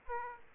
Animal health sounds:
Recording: mosquito wingbeat signal from an infrared sensor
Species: Aedes aegypti

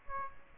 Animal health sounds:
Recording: mosquito wingbeat signal from an infrared sensor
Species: Aedes aegypti

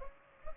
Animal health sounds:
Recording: mosquito wingbeat signal from an infrared sensor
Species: Culex pipiens

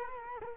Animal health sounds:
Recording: mosquito wingbeat signal from an infrared sensor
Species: Culex quinquefasciatus

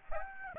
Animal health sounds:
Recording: mosquito wingbeat signal from an infrared sensor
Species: Aedes aegypti

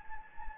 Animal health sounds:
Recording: mosquito wingbeat signal from an infrared sensor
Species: Anopheles gambiae

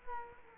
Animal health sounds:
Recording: mosquito wingbeat signal from an infrared sensor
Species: Culex quinquefasciatus

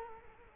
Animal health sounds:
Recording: mosquito wingbeat signal from an infrared sensor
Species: Culex quinquefasciatus

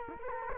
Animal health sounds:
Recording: mosquito wingbeat signal from an infrared sensor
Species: Culex quinquefasciatus

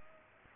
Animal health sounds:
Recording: mosquito wingbeat signal from an infrared sensor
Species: Culex pipiens

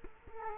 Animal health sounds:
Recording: mosquito wingbeat signal from an infrared sensor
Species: Culex quinquefasciatus

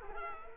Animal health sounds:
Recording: mosquito wingbeat signal from an infrared sensor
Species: Culex quinquefasciatus

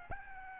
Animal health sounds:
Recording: mosquito wingbeat signal from an infrared sensor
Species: Aedes albopictus

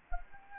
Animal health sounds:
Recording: mosquito wingbeat signal from an infrared sensor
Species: Anopheles gambiae

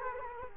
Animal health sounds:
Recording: mosquito wingbeat signal from an infrared sensor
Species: Culex quinquefasciatus

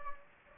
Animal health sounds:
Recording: mosquito wingbeat signal from an infrared sensor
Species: Anopheles gambiae

